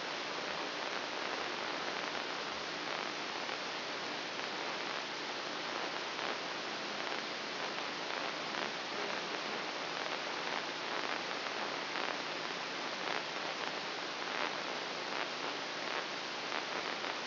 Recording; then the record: brain microelectrode recording played as sound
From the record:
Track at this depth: inside the subthalamic nucleus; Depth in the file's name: 3.114 mm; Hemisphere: left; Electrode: 3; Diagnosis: Parkinson's disease